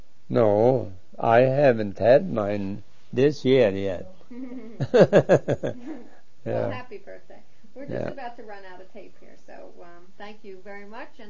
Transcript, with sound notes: No. I haven't had mine this year yet. (He laughs.)
Well, happy birthday. We're just about to run out of tape here, so thank you very much, and